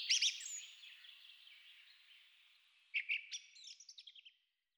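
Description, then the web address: Thrush song opening with bright high notes, then a quiet trill and a series of sharp chips and whistles that stop abruptly. Several thrushes singing at twilight; track from a Hungarian nature-sounds collection (Agykontroll CD 3). "agykontroll CD 3-A természet hangjai - Rigók szürkületkor"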